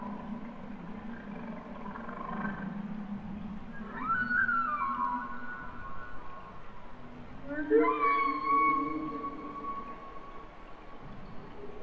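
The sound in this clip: Humpback whale song: a low moan, then two swooping cries that settle into long sustained harmonic tones, over faint underwater background noise.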